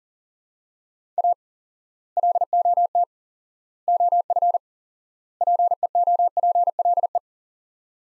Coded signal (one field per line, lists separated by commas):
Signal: Morse code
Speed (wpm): 37 wpm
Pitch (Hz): 700 Hz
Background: none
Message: A LOT OF PEOPLE